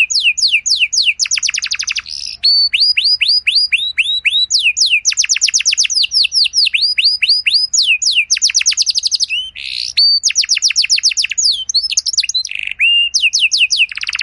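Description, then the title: Canary song of rapid repeated sweeping notes in trilled phrases, changing speed and pitch, with occasional short whistles between rolls. Belgian canary song, played to stir other canaries into singing; described as long, richly varied song with ornate phrases. "Canto Para Esquentar Canário Belga. Suara Burung Kenari Lagu dan Cengkok Mewah Buat Kenari Lain Bakal Langsung Nyaut Gacor Panjang"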